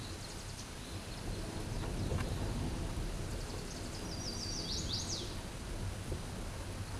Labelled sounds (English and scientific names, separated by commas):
Chestnut-sided Warbler (Setophaga pensylvanica) song